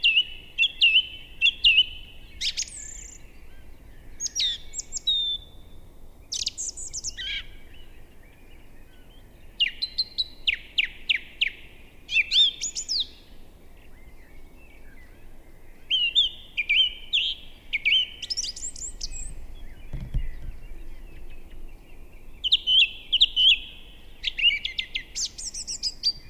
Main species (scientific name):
Turdus philomelos